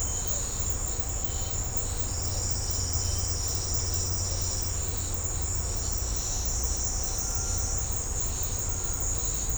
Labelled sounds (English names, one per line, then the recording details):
none
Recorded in secondary vegetation near Puerto Asís, Putumayo, Colombia, on 20 December 2024 at 16:30
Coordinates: 0.502, -76.326
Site G028